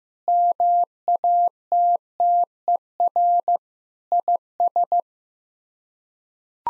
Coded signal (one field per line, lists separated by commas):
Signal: Morse code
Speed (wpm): 15 wpm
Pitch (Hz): 700 Hz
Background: none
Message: MATTER IS